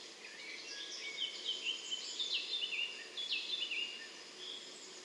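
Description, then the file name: European robin song, thin high warbled phrases that rise and fall, a varied run of sweet notes over steady background hiss. "Erithacus rubecula"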